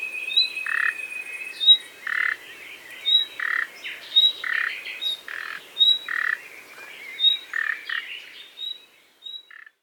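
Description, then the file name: Common nightingale calls: thin high whistles repeated regularly, alternating with short harsh croaking bursts, steady and rhythmic throughout. "Luscinia megarhynchos"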